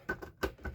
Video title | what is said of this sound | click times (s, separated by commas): LEGO By the Book - Blacktron Renegade (6954) | and locks in place. | 0.1 s, 0.4 s